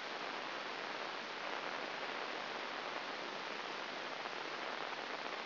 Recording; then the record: brain microelectrode recording played as sound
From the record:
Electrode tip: inside the subthalamic nucleus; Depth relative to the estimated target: -1 mm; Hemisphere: right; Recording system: AlphaMap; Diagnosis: Parkinson's disease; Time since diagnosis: 11 years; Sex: female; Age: 60 years